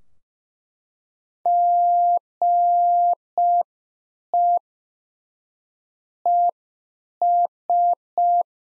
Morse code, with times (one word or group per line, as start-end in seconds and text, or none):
1.5-4.6 GE
6.3-8.4 ES